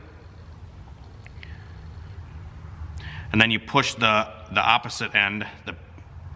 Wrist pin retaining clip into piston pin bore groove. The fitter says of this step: You can hear it click.